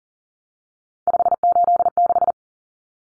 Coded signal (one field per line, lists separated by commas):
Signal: Morse code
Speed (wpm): 40 wpm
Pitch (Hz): 700 Hz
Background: none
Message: 586